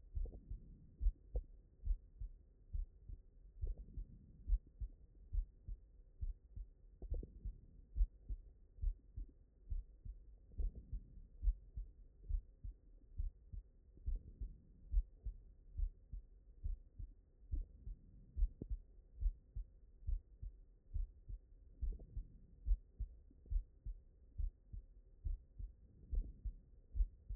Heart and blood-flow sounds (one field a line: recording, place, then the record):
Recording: heart sounds by stethoscope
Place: mitral valve (MV)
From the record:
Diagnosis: non-HFrEF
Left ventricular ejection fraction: 69%